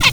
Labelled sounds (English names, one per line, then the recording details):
Zebra Finch kackle call
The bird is a female
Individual fem9